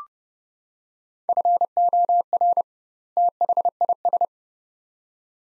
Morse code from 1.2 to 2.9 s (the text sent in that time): FOR